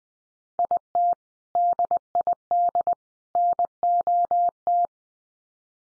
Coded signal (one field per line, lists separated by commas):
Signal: Morse code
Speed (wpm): 20 wpm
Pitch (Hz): 700 Hz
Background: none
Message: IT DID NOT